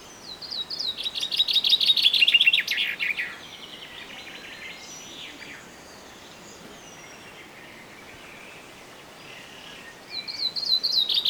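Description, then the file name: Common chaffinch singing a rapid series of sweet notes that drops in pitch to a terminal flourish, with a second song beginning near the end and soft background bird calls. "Fringilla coelebs"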